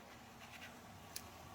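The metal socket end of a Strong Arm hood gas strut from a Nissan Maxima is handled as it is about to be slid back into its end fitting, where the internal claw will lock onto the ball. Soft scratchy handling noise is heard, with a brief sharp tick at 1.2 s. Nothing has seated or clicked into place yet.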